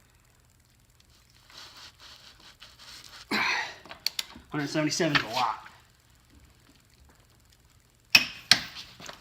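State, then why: Torque reached. A click-type torque wrench set to 177, used on an extension, tightens the axle nut of a front wheel hub during a CV shaft and wheel bearing replacement, while someone talks over the quiet ratcheting. The wrench gives two sharp clicks at 8.2 s and 8.5 s, confirming the nut has reached the set torque.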